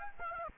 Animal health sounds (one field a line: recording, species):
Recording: mosquito wingbeat signal from an infrared sensor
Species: Aedes aegypti